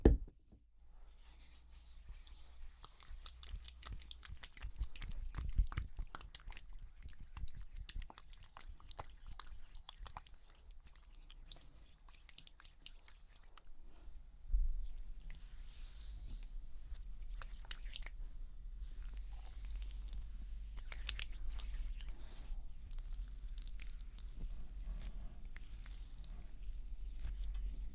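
Makeup cleansing with soft, irregular rubbing, tapping and light crackling sounds, clustered densely in the first seconds and scattered afterward. A low steady hum runs underneath throughout, and a sharper bump near fifteen seconds brings a slightly louder, busier stretch of brushing and wiping.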